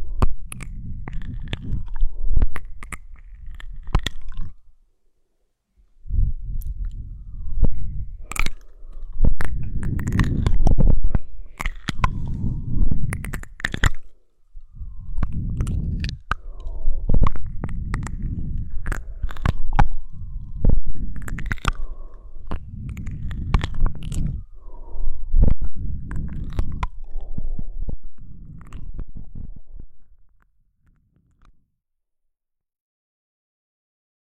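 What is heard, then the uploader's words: Soft mouth sounds and touching on wood, with wet clicks, pops and suction-like sucks arriving in dense, irregular bursts. The sounds are mostly low and muffled, with sharp bright clicks scattered throughout, a brief pause near five seconds, and silence after about thirty seconds. Touch, mouth, wood, negative pressure.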